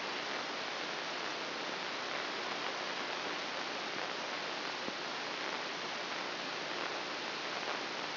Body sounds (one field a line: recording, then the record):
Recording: brain microelectrode recording played as sound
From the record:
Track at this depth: inside the subthalamic nucleus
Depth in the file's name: 3.513 mm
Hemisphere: left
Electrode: 3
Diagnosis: Parkinson's disease